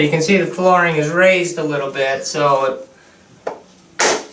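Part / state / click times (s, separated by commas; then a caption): vinyl flooring plank click-lock edge into the adjoining plank / seated / 4.0 s. A luxury vinyl floor plank sits slightly raised at its click-lock edge joint and is pressed or tapped down into the adjoining plank while someone talks. After a faint tap at about 3.5 seconds, a sharp click at 4.0 seconds marks the joint engaging and the plank dropping into place, seated.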